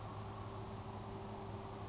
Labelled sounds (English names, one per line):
Grasshopper Sparrow